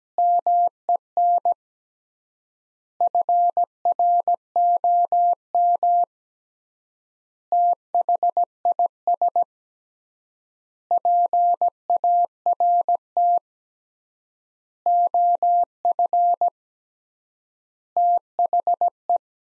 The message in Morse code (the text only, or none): MEN FROM THIS PART OF THE